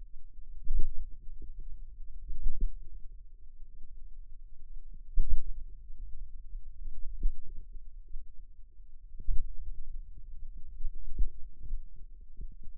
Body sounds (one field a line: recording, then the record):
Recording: forearm muscle sounds (acoustic myography)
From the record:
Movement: pen grasping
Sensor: system 2, bracelet of six BSWA MPA416 microphones around the upper forearm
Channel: 1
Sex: female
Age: 22 years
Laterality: right